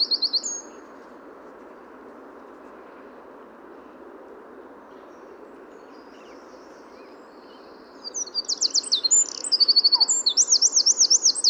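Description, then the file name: Eurasian wren song: a brief high trill at the start, then several seconds of quiet hiss. A rapid, piercing, warbling trill bursts in near the end. "Troglodytes troglodytes"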